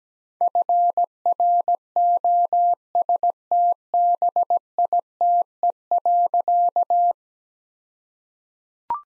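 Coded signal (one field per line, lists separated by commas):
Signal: Morse code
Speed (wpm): 17 wpm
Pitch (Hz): 700 Hz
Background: none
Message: FROSTBITE.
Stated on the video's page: Morse code practice at 17 wpm, all-age jokes sent with contextual priming for copying practice.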